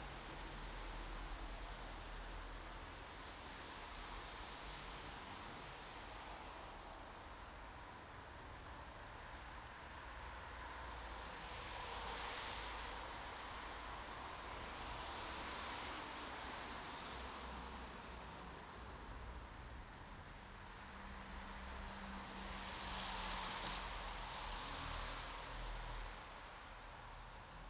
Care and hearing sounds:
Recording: everyday scene through a hearing-aid microphone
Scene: in traffic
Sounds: traffic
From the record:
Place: bus stop on a city main road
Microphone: in the ear canal, right

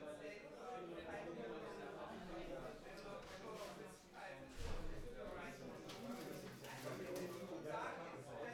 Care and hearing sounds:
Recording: everyday scene through a hearing-aid microphone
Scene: many people talking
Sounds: many voices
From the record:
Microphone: behind the ear, right, front

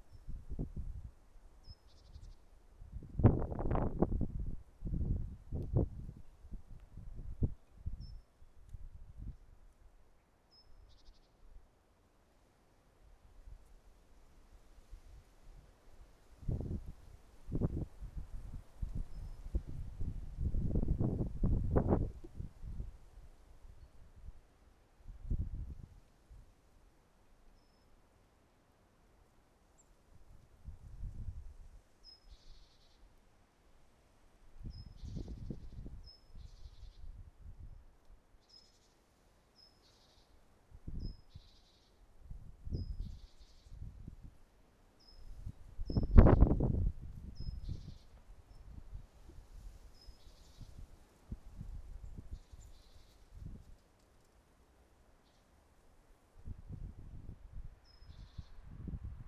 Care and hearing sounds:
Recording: everyday scene through a hearing-aid microphone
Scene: wind on the microphone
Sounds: wind, traffic, birds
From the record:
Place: suburban garden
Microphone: behind the ear, right, front

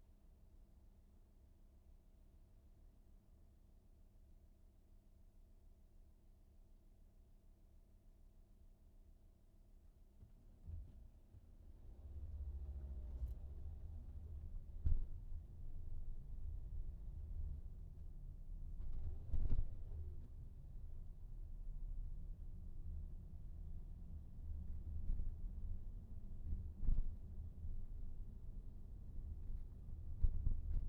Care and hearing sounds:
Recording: everyday scene through a hearing-aid microphone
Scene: in a vehicle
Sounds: engine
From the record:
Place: VW T5 Caravelle, diesel engine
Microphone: behind the ear, right, front

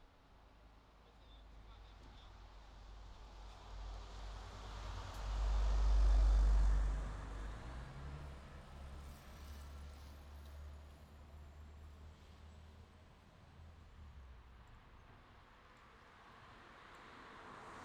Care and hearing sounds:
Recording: everyday scene through a hearing-aid microphone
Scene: in traffic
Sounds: traffic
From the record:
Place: city secondary road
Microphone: in the ear canal, left

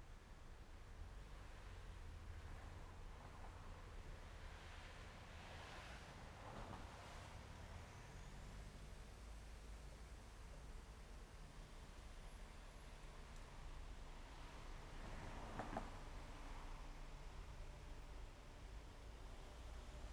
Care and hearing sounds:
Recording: everyday scene through a hearing-aid microphone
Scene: in traffic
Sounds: traffic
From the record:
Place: main road on the outskirts, rush hour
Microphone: behind the ear, left, rear

